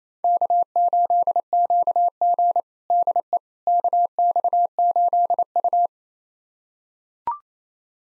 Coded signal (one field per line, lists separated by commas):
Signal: Morse code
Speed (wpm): 28 wpm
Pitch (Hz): 700 Hz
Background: none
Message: K8QG DE KX8U